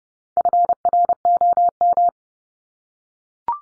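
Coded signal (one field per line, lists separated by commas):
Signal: Morse code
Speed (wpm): 30 wpm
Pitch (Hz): 700 Hz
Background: none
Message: FROM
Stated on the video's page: Morse drill of the 300 most common English words at 30 wpm for head-copy.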